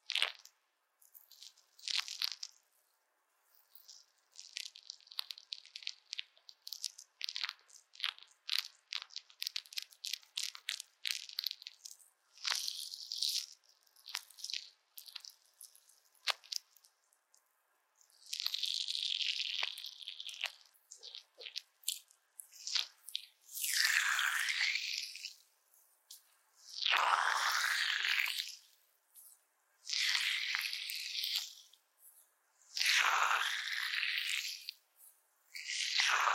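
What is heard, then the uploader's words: Wet jelly sounds: a rapid run of tiny squishes and sticky clicks for the first half, then slower, fuller squelches and slurpy presses arriving every few seconds. Bright and crisp with a silent background. 滑溜溜的果凍觸發 | Jelly Trigger. NO Talking.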